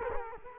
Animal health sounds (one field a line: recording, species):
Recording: mosquito wingbeat signal from an infrared sensor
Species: Culex quinquefasciatus